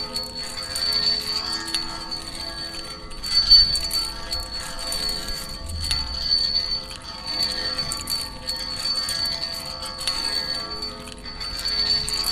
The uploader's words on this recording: Keys on the railing. Recorded by Dan Bodah in Fall 2008, Brooklyn NY.